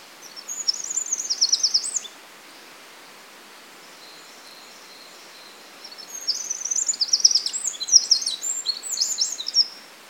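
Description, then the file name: Eurasian wren with two bouts of rapid, high-pitched twittering and trilling, separated by about four seconds of near silence and steady background hiss. "Troglodytes troglodytes"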